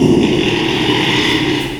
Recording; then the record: squeal of a Yucatan mini pig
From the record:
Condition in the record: after surgery on the right vocal fold (resection and tissue-engineered implant); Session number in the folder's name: 1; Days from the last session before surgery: 6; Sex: male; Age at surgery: 12 weeks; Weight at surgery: 13 kg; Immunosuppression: cyclosporine, prednisolone